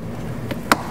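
A window switch connector is pushed back into its socket in the door panel wiring of a 2010-2015 BMW E84 X1. A faint tick comes at 0.5 s, then a sharp, loud snap at 0.7 s as the plug seats, over a low steady background. The connector is confirmed seated.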